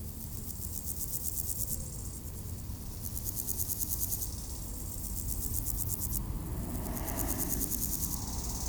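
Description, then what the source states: Grasshopper stridulation in high rattling bursts alternating with quiet gaps, while low traffic noise swells toward the end. Recorded beside the D633 road at Aveize, France, with cars passing; Sony PCM-M10 recorder, Luhd AB microphone position.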